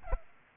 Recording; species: mosquito wingbeat signal from an infrared sensor; Aedes albopictus